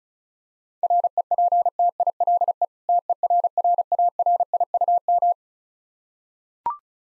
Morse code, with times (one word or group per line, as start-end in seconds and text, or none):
0.8-2.6 REPTILE
2.9-5.3 TERRARIUM